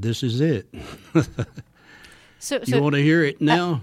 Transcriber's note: soundbite of laughter